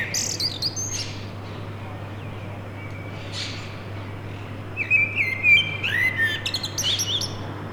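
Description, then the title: Common blackbird song: a short fluty phrase at the start, then after a pause a richer warbled phrase ending in squeaky twitters, over a steady low hum. Singing from near a balcony to defend its territory, during the Covid-19 confinement. "merla"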